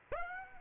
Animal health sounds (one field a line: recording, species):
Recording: mosquito wingbeat signal from an infrared sensor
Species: Aedes aegypti